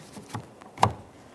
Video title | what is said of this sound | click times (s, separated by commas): How to Replace Rear Interior Door Handles 2007-2017 Jeep Patriot | As I press that down, I can hear an audible click. | 0.8 s